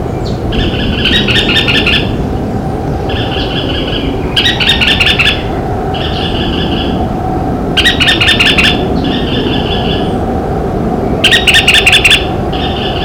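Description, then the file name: White-eyed Foliage-gleaner giving short bursts of rapid, sharp clicking notes about every three to four seconds, between softer tonal notes, with constant low background rumble. Recorded in Cantareira State Park, São Paulo, Brazil, on 22 August 1997. "Automolus-leucophthalmus-Cantareira SPark-SP-Brazil"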